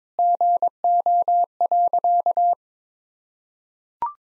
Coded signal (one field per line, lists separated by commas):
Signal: Morse code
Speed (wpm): 22 wpm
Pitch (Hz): 700 Hz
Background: none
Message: GO.